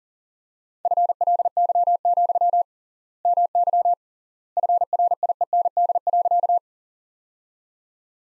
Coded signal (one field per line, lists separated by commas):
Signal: Morse code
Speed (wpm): 40 wpm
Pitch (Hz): 700 Hz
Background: none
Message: FLY, MY FRIEND.